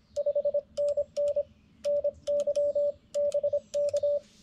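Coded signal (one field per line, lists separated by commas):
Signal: Morse code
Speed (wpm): 25 wpm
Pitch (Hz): 580 Hz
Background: radio noise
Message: 5NN NYBK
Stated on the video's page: CW POTA activation from a rare park on 40m and 80m with a Xiegu G90, keyed with a BaMaTech TP-III paddle.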